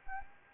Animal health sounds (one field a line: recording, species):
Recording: mosquito wingbeat signal from an infrared sensor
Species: Anopheles gambiae